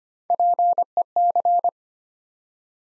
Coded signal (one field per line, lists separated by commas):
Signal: Morse code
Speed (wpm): 25 wpm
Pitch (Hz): 700 Hz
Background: none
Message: PEC